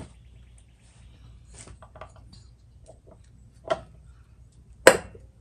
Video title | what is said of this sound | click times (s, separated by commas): How to change oil and filter Honda CB550 | right that kind of clicked into place push it up against the block | 4.9 s